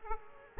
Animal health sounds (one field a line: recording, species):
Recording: mosquito wingbeat signal from an infrared sensor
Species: Aedes aegypti